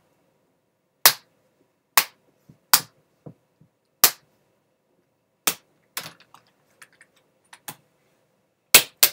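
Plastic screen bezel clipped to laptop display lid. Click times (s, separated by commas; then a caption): 1.1 s, 2.0 s, 2.7 s, 4.0 s, 8.8 s, 9.0 s. The plastic screen bezel on a Dell Inspiron 15R 5520 laptop display lid, held by snap clips with no screws, is flexed and pried off by hand. Sharp snaps ring out at 1.1, 2.0, 2.7, 4.0, 8.8 and 9.0 seconds, with softer ticks and creaks in between. The clips let go one by one and the bezel is released.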